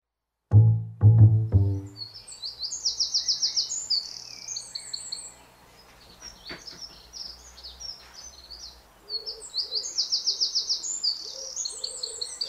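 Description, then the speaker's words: Birds singing in the early morning: after three deep barks from a dog, high rapid trilled and twittering phrases repeat, with faint lower chirps later. Birdsong recorded around 6 in the morning. "It's around 6, and I wanted to record the birds. Birdsong."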